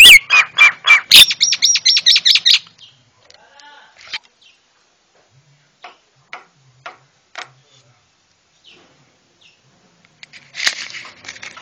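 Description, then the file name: Javan myna song: loud harsh notes and a quick run of repeated buzzy whistles, then scattered soft clicks and a final harsh burst. White-eyed myna (jalak kebo mata putih), used to train cage birds. "masteran jalak kebo mata putih"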